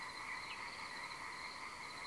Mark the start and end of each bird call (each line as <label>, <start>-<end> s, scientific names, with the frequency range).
Luscinia megarhynchos (1.8-3.6 kHz), 0.28-0.55 s